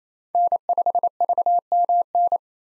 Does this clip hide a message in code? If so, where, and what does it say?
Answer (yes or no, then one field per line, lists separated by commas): yes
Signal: Morse code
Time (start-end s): 0.3-2.4 s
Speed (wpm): 28 wpm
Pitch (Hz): 700 Hz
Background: none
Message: N5VMN